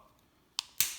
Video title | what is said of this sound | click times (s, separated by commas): Skoda Superb Octavia Key Fob Battery Replacement | make sure it's all lines up and it clicks in place | 0.6 s, 0.8 s